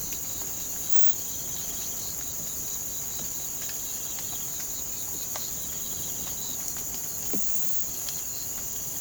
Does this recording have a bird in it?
no